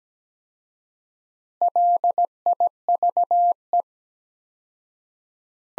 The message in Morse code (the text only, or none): LIVE